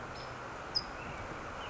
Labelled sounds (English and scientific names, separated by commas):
California Towhee (Melozone crissalis)